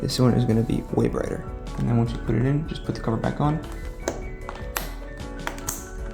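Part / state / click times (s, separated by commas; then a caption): plastic light cover into interior trim panel / seated / 4.1 s, 4.8 s, 5.5 s, 5.7 s. On a BMW F10 535i, the plastic ambient interior light cover is pressed back into the trim panel after a new, brighter LED bulb is fitted, while someone talks over music. Sharp plastic clicks ring out at 4.1, 4.8, 5.5 and 5.7 seconds as the cover's corner clips snap home and the cover seats.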